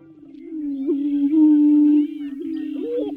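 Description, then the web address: Greater prairie chicken booming: a low, steady hooting hum that holds one pitch throughout, loudest in the middle. Males displaying at dawn on courting or booming ground; the boom is apparently a challenge, preceded by a foot-pattering dance and followed by orange neck air sacs inflating. "Birdnote. Greater Prairie Chicken"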